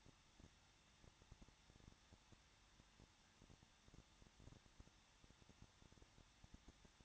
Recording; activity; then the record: daily activity, microphone in the room; no activity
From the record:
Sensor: 3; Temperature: 21.2 degrees Celsius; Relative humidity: 36.3%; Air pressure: 1006.3 hPa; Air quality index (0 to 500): 222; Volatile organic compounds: 41 ppm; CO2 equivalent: 3169 ppm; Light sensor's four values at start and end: 2/3/2/2 and 2/3/2/2